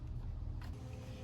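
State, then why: Not seated. A black-with-white wire pin terminal is pushed into the right side of the connector plug during a Morimoto LED fog light install on a C6 Corvette, with a steady low rumble throughout and a brief faint burst of noise at about 0.6 s. The terminal has not seated or clicked yet, and needle-nose pliers may be needed to pull it up into place.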